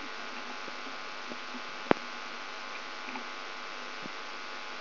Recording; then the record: brain microelectrode recording played as sound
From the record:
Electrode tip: outside the subthalamic nucleus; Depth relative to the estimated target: -10 mm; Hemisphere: right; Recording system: AlphaMap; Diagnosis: Parkinson's disease